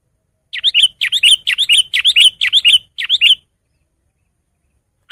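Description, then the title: Sooty-headed bulbul song: a steady series of about six paired bright chirps over three seconds, then a pause. "kutilang"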